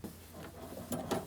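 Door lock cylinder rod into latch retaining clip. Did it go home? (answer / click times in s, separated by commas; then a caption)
no / none. On a 2007-2014 GMC Sierra 2500 HD front door, the small metal rod from the door lock cylinder is being lined up by hand with its plastic retaining clip on the new door latch. Quiet mechanical handling noise is heard, with brief sharp ticks near 0.9 s and 1.3 s. The clip ends before the rod goes home, so nothing has seated or clicked yet.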